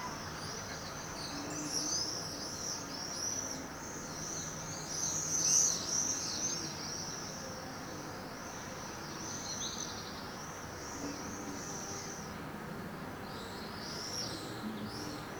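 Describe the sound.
Swift calls, a rapid stream of high, shrill screams that swell and fade in waves, with a louder flurry midway, over a continuous background hiss.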